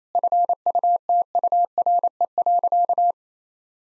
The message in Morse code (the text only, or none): FUTURE.